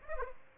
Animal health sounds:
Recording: mosquito wingbeat signal from an infrared sensor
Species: Aedes aegypti

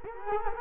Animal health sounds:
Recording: mosquito wingbeat signal from an infrared sensor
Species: Culex quinquefasciatus

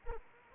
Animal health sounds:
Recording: mosquito wingbeat signal from an infrared sensor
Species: Anopheles arabiensis

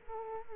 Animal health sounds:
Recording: mosquito wingbeat signal from an infrared sensor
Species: Culex quinquefasciatus

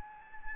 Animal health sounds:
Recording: mosquito wingbeat signal from an infrared sensor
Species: Anopheles gambiae

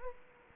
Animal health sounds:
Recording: mosquito wingbeat signal from an infrared sensor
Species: Culex quinquefasciatus

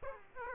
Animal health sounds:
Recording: mosquito wingbeat signal from an infrared sensor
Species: Aedes aegypti

